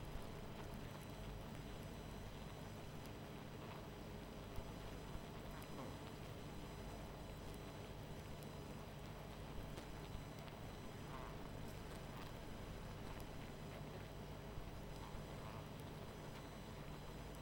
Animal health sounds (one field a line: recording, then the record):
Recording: honeybee colony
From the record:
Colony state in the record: missing queen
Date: 14 July 2017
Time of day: 21:13